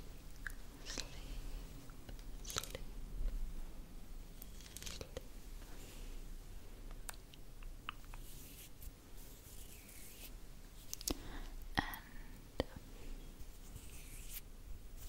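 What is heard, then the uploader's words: Fingers scratch and rub against skin in quick, uneven strokes, with crisp rasping bursts scattered throughout and a soft, continuous brushing between them. Sharper scrapes stand out near 1, 2.5, 5, 11 and 12 seconds, over a low steady rumble. ASMR Scratching Your Face Hand Movements & Personal Attention.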